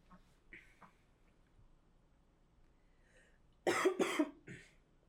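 After a quiet stretch, an adult gives three or four harsh, rapid coughs in a quick burst during a coughing fit.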